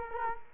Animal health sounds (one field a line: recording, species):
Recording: mosquito wingbeat signal from an infrared sensor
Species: Culex quinquefasciatus